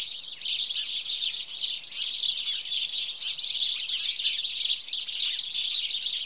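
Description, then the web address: House sparrows chirping in a dense flock, a steady wash of high chirps. "BBC Sound Effects Library (Birds) House Sparrow (Passer Domesticus)"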